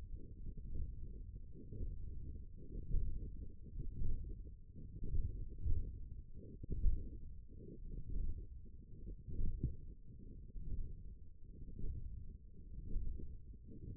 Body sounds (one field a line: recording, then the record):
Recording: forearm muscle sounds (acoustic myography)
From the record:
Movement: hand closing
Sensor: system 1, eight BSWA MPA416 microphones around the upper forearm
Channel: 7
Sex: female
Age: 20 years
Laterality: right